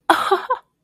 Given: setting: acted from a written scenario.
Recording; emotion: vocal sound without words; positive surprise